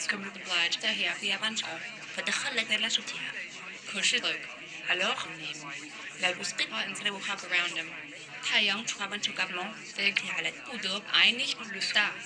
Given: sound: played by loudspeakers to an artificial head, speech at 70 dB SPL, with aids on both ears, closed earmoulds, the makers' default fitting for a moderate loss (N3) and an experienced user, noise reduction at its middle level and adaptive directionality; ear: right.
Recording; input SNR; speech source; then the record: speech test signal (ISTS) in cocktail-party noise; +6 dB; in front (0 degrees)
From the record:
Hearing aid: class 2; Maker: G